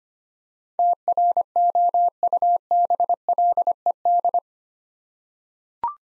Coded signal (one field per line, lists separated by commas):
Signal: Morse code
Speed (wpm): 25 wpm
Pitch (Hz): 700 Hz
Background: none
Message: TROUBLED